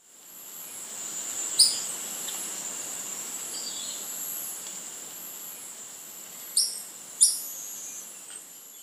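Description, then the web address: Slaty-capped flycatcher giving short, sharp high-pitched call notes, one early and a quick pair near the end, over a steady insect drone. Recorded in Ecuador. "Natures Songs S America Birds of Ecuador Slaty-capped Flycatcher"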